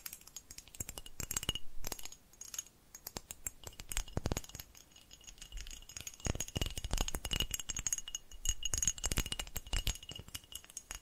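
Quick, irregular tapping and clinking triggers cluster in bursts, with bright metallic ringing tones and short pauses between flurries throughout.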